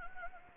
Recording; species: mosquito wingbeat signal from an infrared sensor; Anopheles gambiae